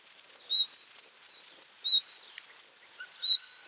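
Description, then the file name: Common nightingale calls: three short, high whistled notes spaced more than a second apart, with a faint lower drawn-out note near the end over quiet background hiss. "Luscinia megarhynchos"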